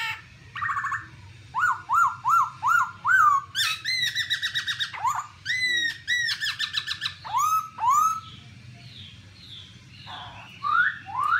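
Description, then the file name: Black-throated laughingthrush song: series of repeated rising whistles followed by loud harsh ringing notes and more upslurred whistled phrases. "tieng khuou bac ma hot"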